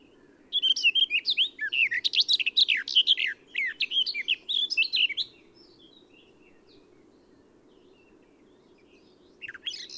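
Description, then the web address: Eurasian blackcap gives a dense, hurried warble of chattering and whistled notes for about five seconds, then a long silence with a last snatch at the end. "SETE Sylvia atricapilla"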